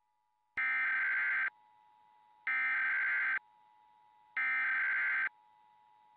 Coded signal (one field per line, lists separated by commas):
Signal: Emergency Alert System (SAME) tones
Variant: header bursts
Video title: Braylon Junior EAS Test (3/15/2012) (6:09AM-6:12AM)